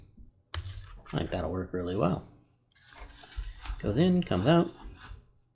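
A meat cleaver blade is handled at its fitted leather sheath to check the fit, with a sharp handling sound near 0.5 s while someone talks. The blade has not yet seated or clicked into the sheath by the end of the clip.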